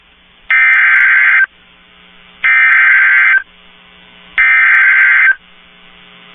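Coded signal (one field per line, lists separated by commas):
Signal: Emergency Alert System (SAME) tones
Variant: header bursts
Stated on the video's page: NOAA Weather Radio severe thunderstorm warning received via an online stream.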